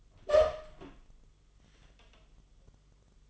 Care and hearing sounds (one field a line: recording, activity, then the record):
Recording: daily activity, microphone in the room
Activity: open door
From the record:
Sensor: 4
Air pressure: 1005.8 hPa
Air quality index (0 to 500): 93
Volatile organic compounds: 2 ppm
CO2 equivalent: 1150 ppm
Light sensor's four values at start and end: 13/30/12/11 and 13/29/11/11